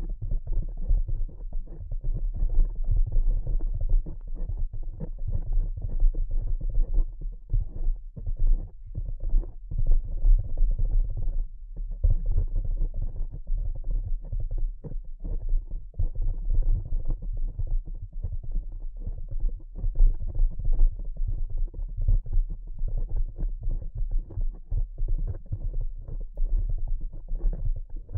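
Soft, muffled tapping runs continuously, dense and rapid, with a deep, dull tone and almost no brightness. The thumping texture stays steady for the whole stretch, broken only by brief pauses, one noticeable around twelve seconds. No voice is heard.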